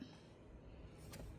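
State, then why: Not seated. The plastic bottom cover of a Levoit Core 300 air purifier is twisted onto the base over the new filter after its grooves are lined up, to lock it shut. Low, steady rumbling handling noise runs throughout, with a brief faint hiss of plastic friction around 1.1 seconds. The cover has not seated or clicked yet.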